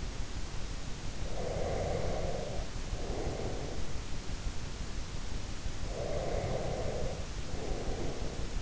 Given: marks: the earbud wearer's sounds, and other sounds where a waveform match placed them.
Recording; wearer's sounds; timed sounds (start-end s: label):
sounds in sleep by an in-ear microphone; breath
1.16-4.05 s: breath
5.94-8.62 s: breath